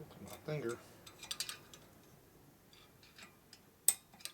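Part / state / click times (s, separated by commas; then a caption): metal engine part pressed into its bore or groove in a motorcycle engine / seated / 3.9 s. A metal engine part is pressed by hand into its bore or groove during the rebuild of a 1983 Harley FLTC 80ci shovelhead motorcycle engine, with a finger pushing it straight. Someone talks over faint ticks and small taps before a sharp, loud pop at 3.9 s marks the part seating home.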